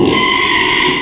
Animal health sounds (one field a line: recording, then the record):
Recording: squeal of a Yucatan mini pig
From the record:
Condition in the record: after surgery on the right vocal fold (resection and tissue-engineered implant)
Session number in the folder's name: 1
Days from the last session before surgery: 6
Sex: male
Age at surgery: 12 weeks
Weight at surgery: 13 kg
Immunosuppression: cyclosporine, prednisolone